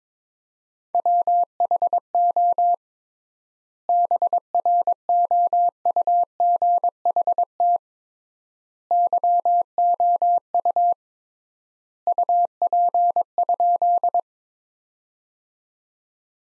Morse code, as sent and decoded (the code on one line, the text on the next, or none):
.-- .... --- / -... .-. --- ..- --. .... - / -.-- --- ..- / ..- .--. ..--..
WHO BROUGHT YOU UP?